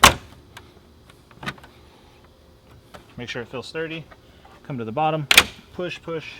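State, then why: Seated. A plastic front grille is shoved back onto the front end of a 2017–2019 Ford F-250 Super Duty truck during a Morimoto XB LED headlight install, and its retaining clips snap in with a sharp click at 0.0 s. A few fainter ticks follow while someone talks. The grille is seated.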